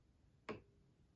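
The revolving nosepiece of a microscope is rotated until the red 4x objective lens clicks and locks into position in the light path, which must happen or the view stays black. A single sharp click is heard at about 0.5 s, with a short fading tail against quiet background. The lens is seated and locked in place.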